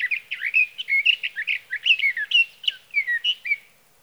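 Sage thrasher delivering rapid, varied warbling, with notes slurring up and down in a continuous, jumbled run lasting nearly four seconds.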